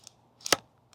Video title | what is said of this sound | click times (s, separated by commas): Mastering Your First Mirrorless Camera.. | all right there's the click now once you've got that in there I want you to shoot in what's called shutter priority mode | 0.5 s